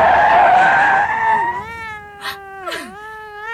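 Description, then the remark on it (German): A long, wavering meow from a grey, scruffy cat that holds a steady tone, then slides downward at the end, with a couple of brief breathy bursts partway through and no talking. “Da, eine Katze. So grau und echt.”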